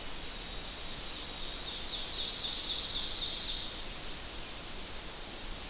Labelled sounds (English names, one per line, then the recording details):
Ovenbird song
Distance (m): 55 m
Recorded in boreal forest in Alberta, Canada, on 12 June 2016 at 07:07
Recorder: SongMeter 3, array SBT-3-18
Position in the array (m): 240 m, 83 m
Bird 31